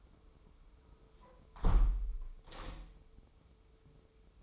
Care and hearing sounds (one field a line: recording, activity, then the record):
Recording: daily activity, microphone in the room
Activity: close window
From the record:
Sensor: 1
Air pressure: 995.8 hPa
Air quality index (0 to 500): 49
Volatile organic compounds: 1 ppm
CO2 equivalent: 898 ppm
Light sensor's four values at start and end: 31/105/40/42 and 30/104/40/41